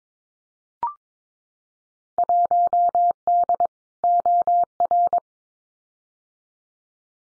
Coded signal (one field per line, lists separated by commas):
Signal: Morse code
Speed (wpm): 22 wpm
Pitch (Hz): 700 Hz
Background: none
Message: 1D OR